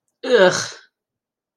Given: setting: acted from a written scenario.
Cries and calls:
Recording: vocal sound without words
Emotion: disgust

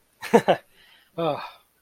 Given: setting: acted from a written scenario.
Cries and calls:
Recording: vocal sound without words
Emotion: ecstasy

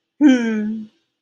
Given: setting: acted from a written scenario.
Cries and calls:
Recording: vocal sound without words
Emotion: pride

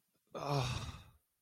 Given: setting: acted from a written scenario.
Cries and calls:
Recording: vocal sound without words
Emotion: distress

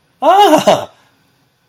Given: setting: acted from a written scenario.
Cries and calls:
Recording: vocal sound without words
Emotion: positive surprise

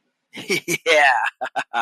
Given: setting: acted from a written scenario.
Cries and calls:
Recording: vocal sound without words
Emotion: elation

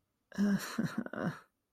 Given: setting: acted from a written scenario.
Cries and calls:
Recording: vocal sound without words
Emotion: guilt

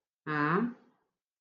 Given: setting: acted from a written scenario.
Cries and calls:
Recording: vocal sound without words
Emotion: serenity

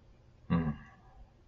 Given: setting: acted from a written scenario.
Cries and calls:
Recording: vocal sound without words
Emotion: sadness

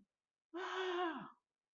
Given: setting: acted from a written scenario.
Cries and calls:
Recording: vocal sound without words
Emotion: fear

